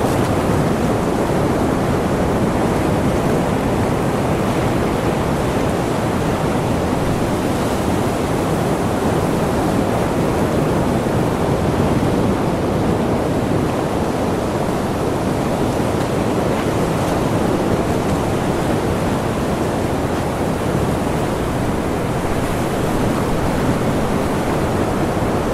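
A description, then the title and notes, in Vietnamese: Ocean surf roars in a dense, unbroken wash, heaviest in the low and middle range with a softer hiss above. The level holds nearly constant for the whole stretch, with no distinct wave breaks standing out, and a faint wind-like rumble underneath. White Noise Natural Ocean. Tiếng sóng biển.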